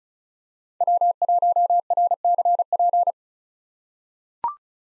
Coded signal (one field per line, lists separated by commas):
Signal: Morse code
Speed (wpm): 36 wpm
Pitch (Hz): 700 Hz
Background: none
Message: W1RCP